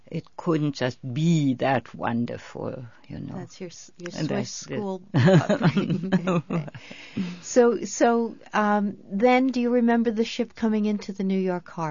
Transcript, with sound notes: it couldn't just be that wonderful, you know.
That's your Swiss School ----. (both laugh) So---so then, do you remember the ship coming into the New York Harbor?